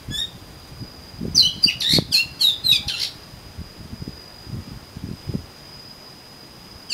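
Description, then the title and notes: Oriental magpie-robin song, a short burst of sharp whistled notes and chirps in the first seconds, then quiet with faint low thumps and a steady high tone. "suara kacer. kumpulan suara burung kacer"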